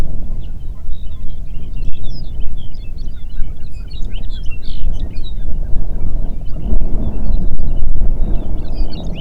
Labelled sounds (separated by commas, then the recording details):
songbird, waterfowl, wind
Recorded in the Prudhoe Bay oil fields, Alaska, on 8 June 2019 at 04:29
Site 30